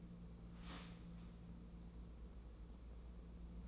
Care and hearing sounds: daily activity, microphone in the room; start toaster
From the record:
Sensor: 1

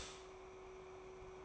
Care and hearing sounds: daily activity, microphone in the room; stop toaster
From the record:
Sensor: 1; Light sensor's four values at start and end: 4/13/4/5 and 4/13/4/5

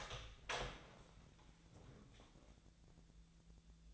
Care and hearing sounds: daily activity, microphone in the room; open door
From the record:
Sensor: 3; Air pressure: 1000.4 hPa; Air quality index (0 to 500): 172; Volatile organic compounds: 3 ppm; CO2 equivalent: 1496 ppm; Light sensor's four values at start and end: 13/31/13/14 and 13/31/13/14

